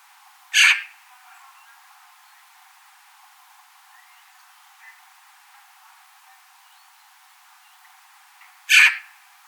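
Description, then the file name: Eurasian magpie uttering two short, grating calls roughly eight seconds apart, separated by near silence and a faint hiss. "Pica pica"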